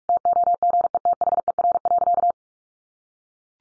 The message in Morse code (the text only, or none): TOGETHER.